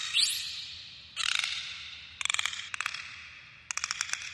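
Dolphin sounds: a brief steep rising whistle, then four short click trains of rapid, evenly spaced pulses, separated by fading echoing tails.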